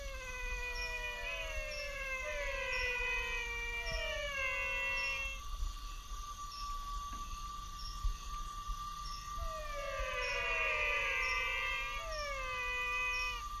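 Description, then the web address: Menwig frog calls: overlapping downward-sliding whines in two bursts, with a quieter gap in between where a steady tonal hum carries on. "Physalaemus albonotatus"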